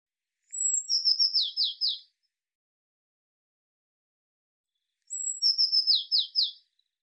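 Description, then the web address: Eurasian blue tit repeating its call twice: a sharp high whistled note leading into a rattling, downward-stepping churr, separated by three seconds of silence. "cianscape birddata Deverinetal 2025 File cleaned normalized Bird Cy Ca"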